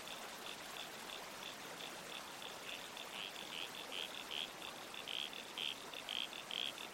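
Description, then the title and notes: Red-crowned toadlet calls, short squelchy notes repeated rapidly in a loose series over a steady hiss of running water. Night soundscape in the bush with a babbling creek and trees swaying in the wind. "Red-Crowned Toadlet. Nocturnal Worlds"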